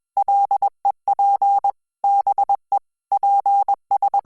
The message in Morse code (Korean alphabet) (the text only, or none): 갖 다 져